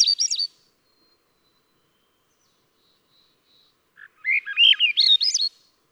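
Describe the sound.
Swainson's thrush song: the tail of one phrase at the start, then after a pause a full upward-spiraling run of flute-like whistles.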